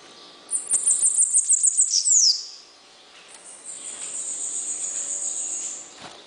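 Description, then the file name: Bananaquit singing a fast run of sharp, very high notes closing with a falling slur, followed by a long, even, hissing buzz. "Cambacica"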